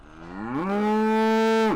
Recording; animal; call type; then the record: contact call of a hoofed animal; cattle; low-frequency (closed-mouth) or high-frequency (open-mouth) call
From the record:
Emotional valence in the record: negative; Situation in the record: full separation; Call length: 1.77 s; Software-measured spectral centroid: 1900 Hz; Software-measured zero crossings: 1050 a second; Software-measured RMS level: -23 dBFS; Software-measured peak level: -19 dBFS